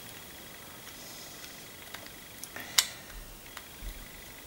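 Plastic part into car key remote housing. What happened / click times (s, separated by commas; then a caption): The plastic part fails to clip into the housing / none. A plastic part is pressed into the plastic housing of a car key remote during a repair, trying to get it to clip in. Several small knocks and ticks are heard, with the sharpest one around 2.8 seconds, against a quiet background. The part does not go in, and nothing has clicked or seated yet.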